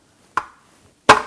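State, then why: Seated. The freezer bowl of an ice cream maker is turned and locked onto its base, with a sharp knock at 0.4 seconds. A louder, harder hit follows at 1.1 seconds as the bowl locks into place, confirming it is seated.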